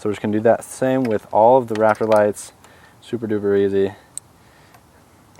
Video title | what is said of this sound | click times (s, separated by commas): 4Runner Raptor Lights Install, 2022 | long as you hear the snap you know you have a good connection okay | 4.2 s